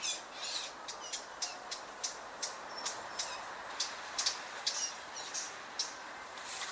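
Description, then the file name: Eurasian blackcap: dry ticking calls repeated steadily, fairly even in loudness, with a noisy hissing background. "Sylvia atricapilla"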